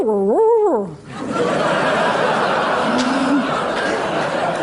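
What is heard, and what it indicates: A woman gives a brief, wordless, sing-song vocalization that rises and falls in pitch, imitating how a colleague's voice on the phone sounded during her massive stroke: meaningless noise like a golden retriever, a picture of receptive aphasia as speech comprehension shut down. Audience laughter follows and fills the rest.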